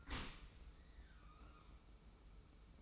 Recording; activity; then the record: daily activity, microphone in the room; open dishwasher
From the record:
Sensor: 1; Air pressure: 991.3 hPa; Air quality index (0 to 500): 123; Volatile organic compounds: 251 ppm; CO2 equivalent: 4364 ppm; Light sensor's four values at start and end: 41/126/50/52 and 41/126/50/52